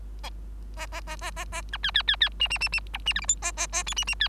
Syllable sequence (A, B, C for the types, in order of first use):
A A A A A A B C C C C D D D D E D F G H A A A I D D C